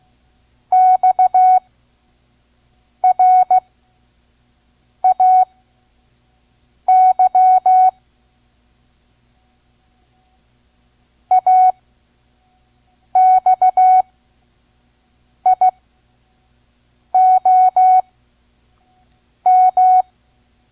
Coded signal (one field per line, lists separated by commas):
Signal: Morse code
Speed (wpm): 16 wpm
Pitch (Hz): 740 Hz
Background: none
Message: XRAY AXIOM